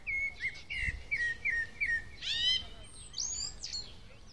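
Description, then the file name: Common blackbird singing a run of fluty, slurred whistles that break into a bright, squeaky, high-pitched twitter with a few sharp upward squeals. "Turdus merula"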